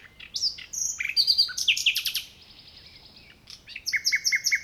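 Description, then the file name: Common nightingale song with varied bursts of sharp notes and a brief rattling trill, a pause, then a fresh phrase of evenly repeated double chips. "Luscinia megarhynchos"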